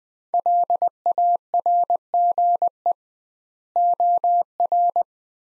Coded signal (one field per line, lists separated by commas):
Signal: Morse code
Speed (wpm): 20 wpm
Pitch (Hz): 700 Hz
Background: none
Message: LARGE OR